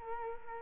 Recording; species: mosquito wingbeat signal from an infrared sensor; Culex quinquefasciatus